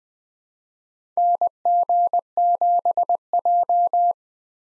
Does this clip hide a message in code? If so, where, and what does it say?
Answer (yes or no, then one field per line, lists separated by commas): yes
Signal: Morse code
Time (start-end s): 1.2-4.1 s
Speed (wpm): 20 wpm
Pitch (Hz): 700 Hz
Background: none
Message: NG7J